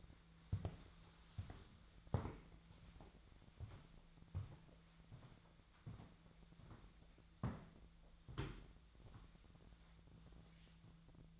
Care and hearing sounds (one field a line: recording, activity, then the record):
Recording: daily activity, microphone in the room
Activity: walk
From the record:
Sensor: 3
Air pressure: 1008.2 hPa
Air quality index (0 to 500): 192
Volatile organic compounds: 14 ppm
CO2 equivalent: 2470 ppm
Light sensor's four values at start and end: 14/34/14/14 and 15/36/15/15